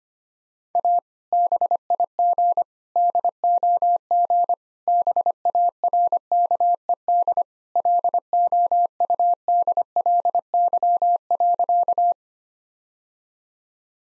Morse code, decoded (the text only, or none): A BIG DOG BARKED LOUDLY.